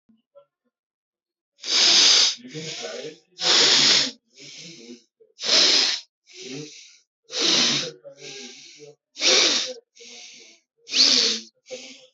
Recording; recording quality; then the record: shallow breathing; excellent, no background noise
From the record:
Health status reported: healthy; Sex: male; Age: 34 years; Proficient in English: yes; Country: India